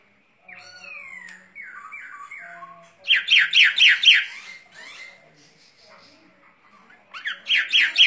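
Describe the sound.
Bird song opening with a long descending whistle and softer notes, then a loud run of several quick descending slurred notes, repeated again at the end.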